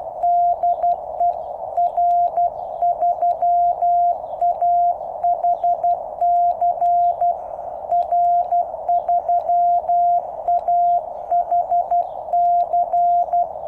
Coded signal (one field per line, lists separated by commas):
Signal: Morse code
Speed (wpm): 12 wpm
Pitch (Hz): 700 Hz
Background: radio noise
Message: DE R3AHC R3AHC